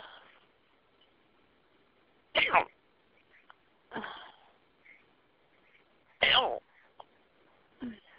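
An adult hiccupping over a telephone line in a phone message: sharp hiccup bursts come about every one and a half to two seconds at uneven intervals, each one loud against a quiet line.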